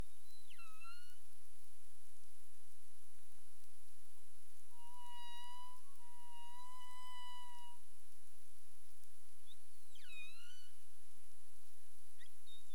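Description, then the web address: Humpback whale tonal units: a downward-sweeping call, then a long level moan rich in harmonics, then further sweeping calls, all over continuous underwater hiss. Caribbean; 27 April 2035, 22:53 UTC. "CARIMAM. humpback whale"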